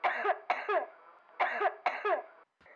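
Four coughs in two quick pairs with a loose, wet quality, a wet cough from mucus in the airways.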